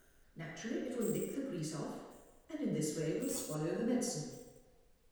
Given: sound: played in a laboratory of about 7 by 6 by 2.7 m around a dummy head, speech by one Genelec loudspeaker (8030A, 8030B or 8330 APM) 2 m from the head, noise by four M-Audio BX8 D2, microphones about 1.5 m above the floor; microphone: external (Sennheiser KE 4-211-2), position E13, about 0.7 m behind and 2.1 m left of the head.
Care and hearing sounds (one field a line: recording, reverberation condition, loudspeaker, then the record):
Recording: female speech in English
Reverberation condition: high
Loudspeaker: 30 degrees to the right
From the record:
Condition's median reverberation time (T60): about 1300 ms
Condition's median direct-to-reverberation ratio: about -4.0 dB